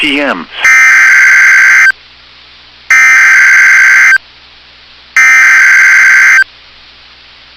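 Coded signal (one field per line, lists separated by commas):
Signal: Emergency Alert System (SAME) tones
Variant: header bursts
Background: speech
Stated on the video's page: Severe thunderstorm warnings received on NOAA Weather Radio WXM99.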